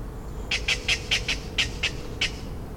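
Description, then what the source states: Little bittern calls: a series of eight short, harsh, clicking notes, spaced irregularly about a quarter second apart, over a low steady hum. Little bittern at Echinger Stausee, 25 August 2019.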